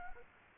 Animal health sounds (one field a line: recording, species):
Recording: mosquito wingbeat signal from an infrared sensor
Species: Anopheles arabiensis